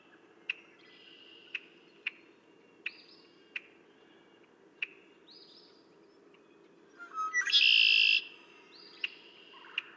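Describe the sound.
Red-winged blackbird song, one loud rasping trill near the end, preceded by a series of sharp clicks and faint rising whistles.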